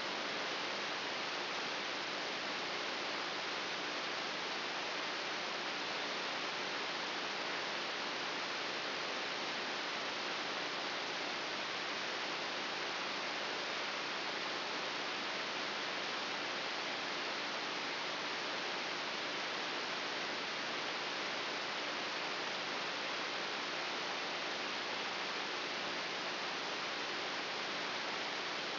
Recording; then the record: brain microelectrode recording played as sound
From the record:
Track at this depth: inside the subthalamic nucleus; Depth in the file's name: 3.202 mm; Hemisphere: right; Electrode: 3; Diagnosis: Parkinson's disease